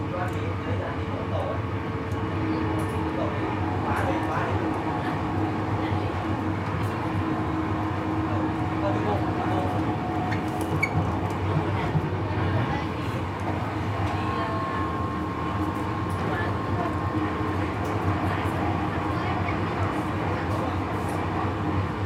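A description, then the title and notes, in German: An evening train ride: a steady, dense low rumble of the carriage runs throughout with constant rattling texture from the tracks. Faint murmured voices drift in at moments, and a few soft clicks and knocks punctuate the otherwise even level. Abendliche Zugfahrt, ratternde Gleise. Rattern einer abendlichen Zugfahrt, kaum Menschen und viel Stille im Abteil.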